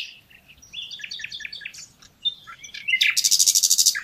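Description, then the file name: Common nightingale song: varied high chirps and short whistled notes, then a rapid loud repeated trill of pulsed notes, faint low background noise. "Luscinia megarhynchos"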